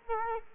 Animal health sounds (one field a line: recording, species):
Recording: mosquito wingbeat signal from an infrared sensor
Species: Culex quinquefasciatus